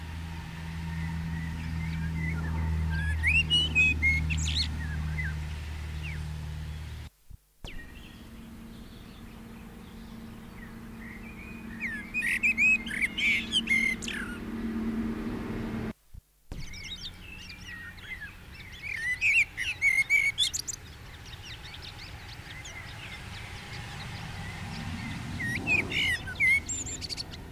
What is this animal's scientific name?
Turdus merula